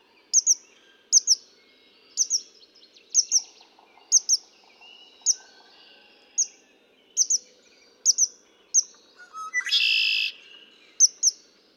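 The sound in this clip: Red-winged blackbird song: brief introductory notes then one loud, buzzy trill near the end, amid many high, repeated double chips.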